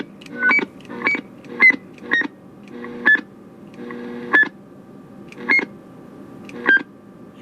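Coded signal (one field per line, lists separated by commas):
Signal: roger beep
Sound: about eight key-up clicks, each ending in a short beep whose pitch gradually lowers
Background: radio hum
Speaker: now I'm just going to turn the tone a little bit at a time here's all the way down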